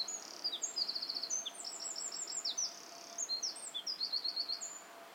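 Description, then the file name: Eurasian wren pouring out a continuous stream of very high, rattling trills and quick piercing notes throughout, with no pauses. "Troglodytes troglodytes"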